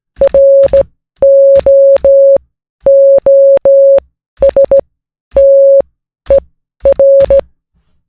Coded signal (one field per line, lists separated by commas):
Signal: Morse code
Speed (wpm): 17 wpm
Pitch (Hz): 550 Hz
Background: none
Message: ROOSTER